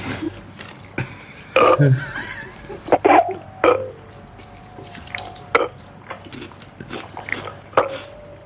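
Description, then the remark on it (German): A person burps out the digits of a number in several loud, gurgling burps in quick succession, followed by a few shorter belches and throaty croaks scattered across the rest of the stretch, with faint clinking in the background. “Du sollst doch nicht reinrülpsen.”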